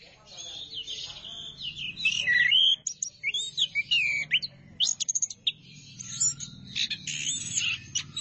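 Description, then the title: Thrush song: a rapid, varied stream of high whistles, trills and sharp chirps, with brief pauses, over a faint low hum. "burung anis x"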